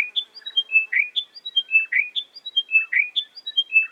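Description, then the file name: Chiming wedgebill song, descending chiming notes stepping down to a lower stressed note, the phrase repeated about every second. "British Library - Chiming Wedgebill Sphenostoma occidentalis"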